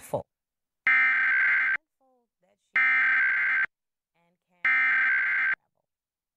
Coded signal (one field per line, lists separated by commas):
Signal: Emergency Alert System (SAME) tones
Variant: header bursts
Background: speech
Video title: 2023 National EAS Test on Tampa Bay local TV stations